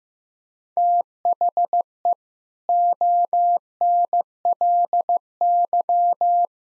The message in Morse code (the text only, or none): THE ONLY